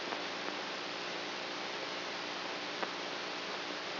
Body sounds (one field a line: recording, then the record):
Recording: brain microelectrode recording played as sound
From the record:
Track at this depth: outside the subthalamic nucleus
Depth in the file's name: 5.002 mm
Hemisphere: right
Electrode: 3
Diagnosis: Parkinson's disease